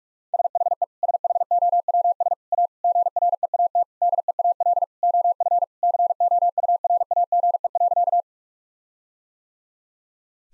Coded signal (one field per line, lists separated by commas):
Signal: Morse code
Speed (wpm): 46 wpm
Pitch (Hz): 700 Hz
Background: none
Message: SHE SHOWS A GREAT DEAL OF COURAGE.